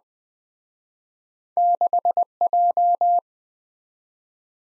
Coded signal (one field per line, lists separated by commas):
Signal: Morse code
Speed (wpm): 22 wpm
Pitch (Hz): 700 Hz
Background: none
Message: 6J